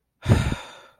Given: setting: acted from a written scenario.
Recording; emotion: vocal sound without words; serenity